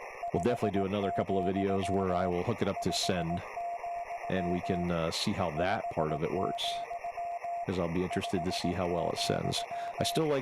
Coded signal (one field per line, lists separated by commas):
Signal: Morse code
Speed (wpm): 18 wpm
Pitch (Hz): 690 Hz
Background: speech, radio noise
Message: 5, 5, 5, 5,